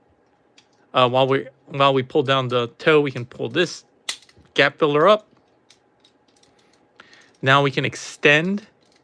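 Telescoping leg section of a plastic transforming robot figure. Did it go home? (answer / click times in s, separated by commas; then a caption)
no / none. Someone talks while handling the plastic telescoping leg section of a Transformers MP-56 Trailbreaker transforming robot figure, pulling the toe down and getting ready to extend the leg. Soft plastic taps and handling clicks come between the speech, most clearly around 5.7–7.0 s. The clip ends before the joint locks, so nothing has seated or clicked into place yet.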